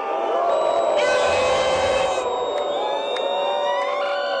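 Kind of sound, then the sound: crowd, crowd booing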